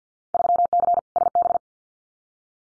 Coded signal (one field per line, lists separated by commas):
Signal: Morse code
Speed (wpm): 50 wpm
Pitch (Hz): 700 Hz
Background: none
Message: 3C SB